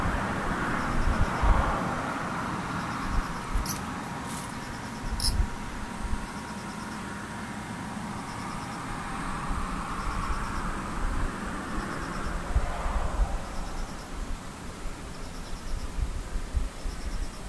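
Insects chirp in short, evenly spaced high pulses, roughly one a second, running faintly through all 17 seconds. A dense low rumble like passing traffic dominates underneath, with a thin steady whine in the first half and a few sharp clicks around four to five seconds.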